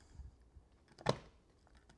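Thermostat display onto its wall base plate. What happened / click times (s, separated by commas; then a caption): The plastic unit snapped onto its base / 1.1 s. A plastic Google Nest Thermostat display is pushed onto its wall-mounted base plate so its pins click into the holes. After some faint rustling, a sharp click sounds at 1.1 s as the display seats firmly on the base.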